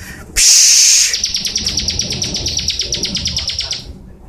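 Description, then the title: Bar-winged prinia song: a loud hissing burst at first, then a fast, even trill of high notes lasting nearly three seconds. "Suara Burung Ciblek"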